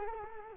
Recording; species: mosquito wingbeat signal from an infrared sensor; Culex quinquefasciatus